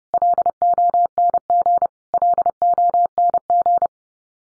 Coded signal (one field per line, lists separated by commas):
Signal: Morse code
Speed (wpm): 30 wpm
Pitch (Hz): 700 Hz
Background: none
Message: LONG LONG